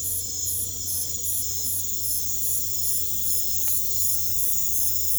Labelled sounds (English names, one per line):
none